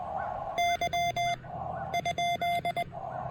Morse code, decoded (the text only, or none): Y ?